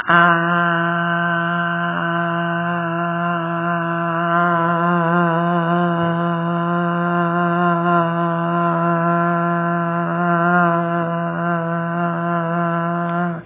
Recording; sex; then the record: sustained vowel /a/; female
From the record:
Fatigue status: no fatigue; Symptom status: symptomatic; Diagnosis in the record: COVID-19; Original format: 3gp